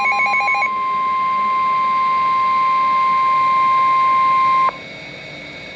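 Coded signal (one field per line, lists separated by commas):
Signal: Emergency Alert System (SAME) tones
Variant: 1050 Hz attention tone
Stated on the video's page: Real alert from NOAA Weather Radio, a Special Marine Warning.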